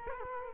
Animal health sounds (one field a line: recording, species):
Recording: mosquito wingbeat signal from an infrared sensor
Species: Culex quinquefasciatus